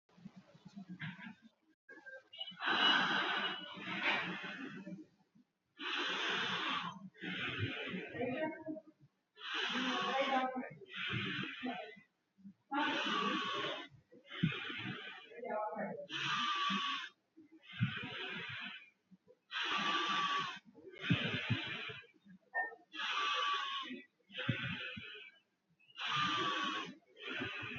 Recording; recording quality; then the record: shallow breathing; excellent, no background noise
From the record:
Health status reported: COVID-19 positive, mild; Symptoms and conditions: cough, cold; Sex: male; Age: 47 years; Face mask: worn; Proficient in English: yes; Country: India